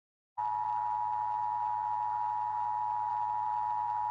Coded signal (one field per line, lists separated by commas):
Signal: Emergency Alert System (SAME) tones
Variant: 853 and 960 Hz attention tone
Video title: EAS Scenario: Life as we Knew it